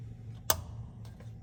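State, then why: Seated. A plastic wire harness connector is pushed back into the rear brake caliper's parking brake motor on a 2018–2023 Hyundai Kona during a rear pad and rotor replacement. It seats with one sharp click at 0.5 s, followed by two much fainter ticks around 1.1 s and 1.2 s against a low background hum. The connector is tugged to check it and holds secure.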